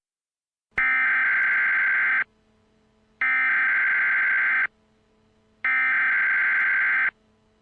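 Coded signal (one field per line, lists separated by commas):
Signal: Emergency Alert System (SAME) tones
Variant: header bursts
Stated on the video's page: Fictional EAS scenario recreation about the moon on a collision course with Earth.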